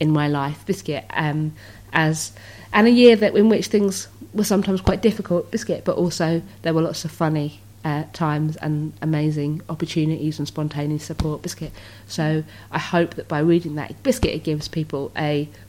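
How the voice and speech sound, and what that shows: Adult woman speaking in fluent, conversational sentences, repeatedly breaking in with the word "Biscuit" mid-phrase as a vocal tic. Tourette syndrome vocal tics, with "Biscuit" and "Hedgehog" as her most common tics.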